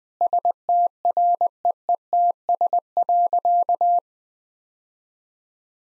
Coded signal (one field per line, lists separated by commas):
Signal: Morse code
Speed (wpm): 21 wpm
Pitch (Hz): 700 Hz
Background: none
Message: STREETS.